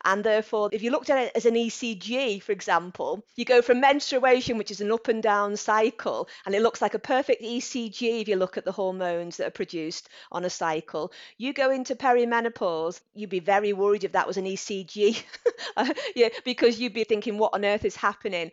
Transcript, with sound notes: And therefore, if you looked at it as an ECG, for example, you go from menstruation, which is an up and down cycle, and it looks like a perfect ECG, if you look at the hormones that are produced on a cycle. You go into perimenopause, and you’d be very worried if that was an ECG,, (laughs) because you’d be thinking what on earth is happening.